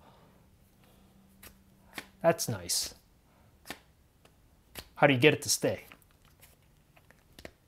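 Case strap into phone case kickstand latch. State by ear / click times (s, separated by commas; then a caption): seated / 7.5 s. Someone talks while working the strap of a Samsung Galaxy S24 Ultra phone case into the case's kickstand latch until it catches. Several small, sharp clicks and light handling sounds follow, and the strap locks into place with a click at 7.5 s.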